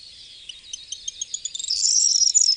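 Corn bunting song, separate ticks quickening into a fast, glassy, jingling trill near the end.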